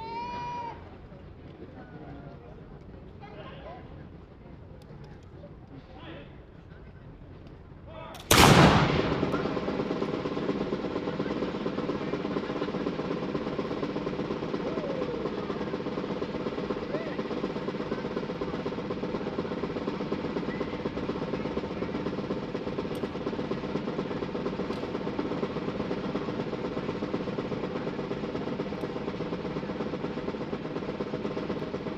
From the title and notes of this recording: San Antonio musket shooting. Shooting demonstration at the Alamo.